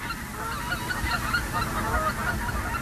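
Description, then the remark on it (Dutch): A flock of geese in the De Onlanden nature reserve near Groningen, Netherlands, honks continuously, overlapping nasal calls in a steady chorus with no pauses, fairly loud against a low rumbling background. “Meer dan genoeg ganzen hier, maar de hermelijn niet gespot.”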